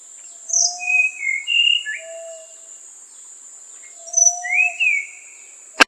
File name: sikatan tanahjampea